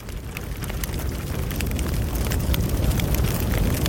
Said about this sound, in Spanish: El crepitar del fuego nos anuncia la llegada de Salduye.